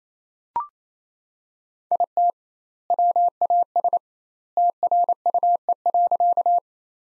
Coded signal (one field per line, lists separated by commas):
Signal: Morse code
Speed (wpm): 28 wpm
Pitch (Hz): 700 Hz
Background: none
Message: IT WAS TRUE.